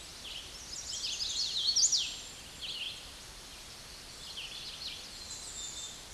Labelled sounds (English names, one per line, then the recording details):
Hooded Warbler song
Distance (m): 15 m
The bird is about 10 m above the microphone
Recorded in a Pennsylvania forest on 16 May 2024 at 08:11
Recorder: AudioMoth, point MSD-2181
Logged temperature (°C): 12.8 °C
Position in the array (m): 163 m, 103 m